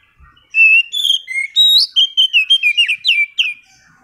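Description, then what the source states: Oriental magpie-robin singing a clear sequence of loud whistled notes, some steady and some swooping, in quick succession. Master recording used as a lure to prompt a kacer that has stopped singing to sing again.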